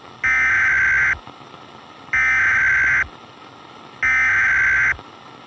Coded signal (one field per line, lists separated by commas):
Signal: Emergency Alert System (SAME) tones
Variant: header bursts